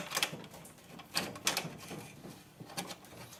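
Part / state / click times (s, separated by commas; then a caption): transmission part into washing machine drive assembly / not seated / none. A transmission part with three small teeth, slightly dented, is being fitted into the drive assembly of an Electrolux 6 kg washing machine that is noisy during its spin cycle. Sharp metal knocks and handling sounds come around 0.2 s, 1.2 s, 1.5 s and 2.8 s, with quieter scraping between them. The part fails to engage because of the dent, and nothing has seated or clicked yet.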